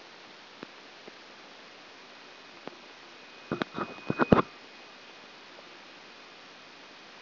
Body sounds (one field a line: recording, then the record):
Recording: brain microelectrode recording played as sound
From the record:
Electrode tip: inside the subthalamic nucleus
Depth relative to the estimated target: 0 mm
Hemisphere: right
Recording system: AlphaMap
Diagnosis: Parkinson's disease